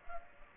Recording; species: mosquito wingbeat signal from an infrared sensor; Culex pipiens